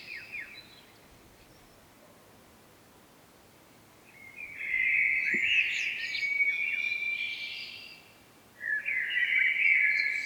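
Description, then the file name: Common blackbird: a brief note, a quiet gap, then a full mellow warbled phrase with high squeaky additions, followed by another short fluty burst. "Turdus merula"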